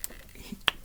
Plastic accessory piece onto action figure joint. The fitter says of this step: we're hearing a little click in. I guess it's just not the tightest joint. But yeah, it's it's actually popping on here.